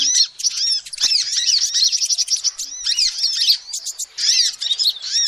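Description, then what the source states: Lovebirds chatter: squeaky, shrill chirps run almost without a break, arched notes tumbling over one another, with one sharp click near the start. Recording used as a lure to trap birds.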